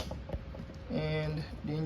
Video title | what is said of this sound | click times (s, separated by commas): 1995 BMW 525i Key Fob Battery Replacement | It pops out with the battery, with the flathead, just like that. | 0.3 s